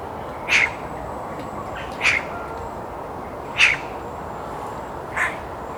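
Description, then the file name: Eurasian magpie calling with four loud, harsh rasping notes, spaced about one and a half seconds apart, over a constant low hiss. "Pica pica"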